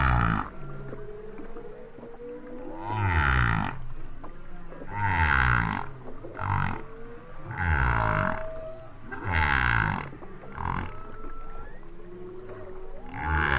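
Whale song with a series of deep, broad sliding groans and rising tonal sweeps between them.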